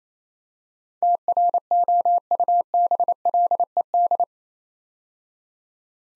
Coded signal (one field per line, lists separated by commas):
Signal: Morse code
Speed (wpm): 29 wpm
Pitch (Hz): 700 Hz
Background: none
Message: TROUBLED